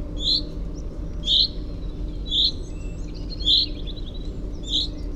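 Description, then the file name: Common chaffinch repeating a short, sharp high call note about once per second, five times, against a constant low rumble. "Fringilla coelebs"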